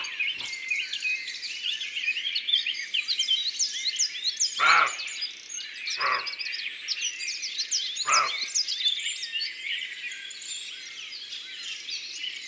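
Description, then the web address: Roe deer barking, a few harsh, hoarse barks over a dense, continuous chorus of songbirds. "Chevreuil. abc de la nature"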